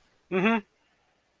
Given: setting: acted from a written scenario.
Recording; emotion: vocal sound without words; sympathy